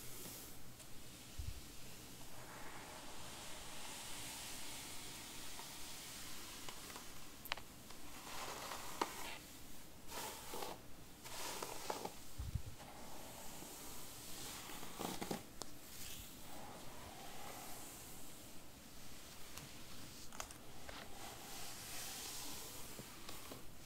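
Hair is brushed in a steady, dense run of soft, bright, hissing strokes that hardly change in loudness over the whole stretch. Short crackling snaps cut in every few seconds, most often in the middle and near the end.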